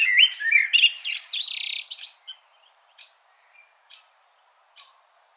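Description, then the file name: Common blackbird song: a low, fluted warbling phrase that breaks into a squeaky high twitter, then a few faint, thin high notes spaced out in near silence. "Turdus merula"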